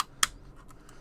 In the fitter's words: while you're squeezing these things. There we go. Nice. Positive click.